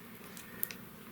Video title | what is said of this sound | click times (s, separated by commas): How to Install a MicroSD Card in Your Nintendo Switch or Switch Lite | make sure you hear a click if you're not sure you can kind of poke it in and out | 0.6 s